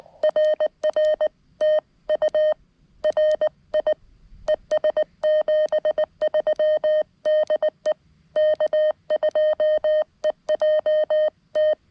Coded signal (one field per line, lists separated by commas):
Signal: Morse code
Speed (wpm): 19 wpm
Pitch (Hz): 1850 Hz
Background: none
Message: RR TU RI ES 73 DE K2EJT